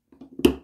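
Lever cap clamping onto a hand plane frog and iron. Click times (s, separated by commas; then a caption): 0.4 s. After the cap screw is loosened, the lever cap of a metal hand plane is snapped down over the iron onto the frog, with a few soft knocks before it. It latches with one sharp snap at 0.4 s, but the loose screw still lets the blade move.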